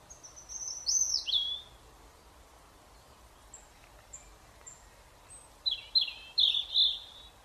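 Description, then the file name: European robin: a high descending warbled phrase, then faint thin notes, then a final burst of quick repeated high chips; soft noise throughout. "Erithacus rubecula"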